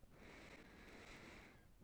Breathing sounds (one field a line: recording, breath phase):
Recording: one breath near a microphone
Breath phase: inhalation